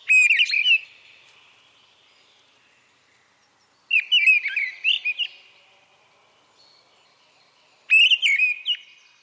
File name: grive draine (chant)